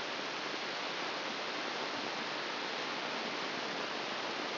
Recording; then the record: brain microelectrode recording played as sound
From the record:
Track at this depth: outside the subthalamic nucleus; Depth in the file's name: 5.898 mm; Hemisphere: left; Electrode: 3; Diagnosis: Parkinson's disease